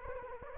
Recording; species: mosquito wingbeat signal from an infrared sensor; Anopheles arabiensis